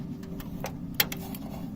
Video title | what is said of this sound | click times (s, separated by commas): HERA feed cabling step 3: installing the FEM | should hear a click when that goes in | 1.0 s